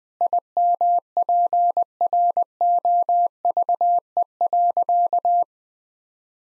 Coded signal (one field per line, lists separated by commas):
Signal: Morse code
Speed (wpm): 20 wpm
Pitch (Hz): 700 Hz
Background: none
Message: IMPROVE.